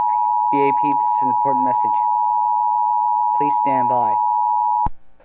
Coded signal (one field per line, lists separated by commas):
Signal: Emergency Alert System (SAME) tones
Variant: 853 and 960 Hz attention tone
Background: speech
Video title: EAS Scenario - Green Moon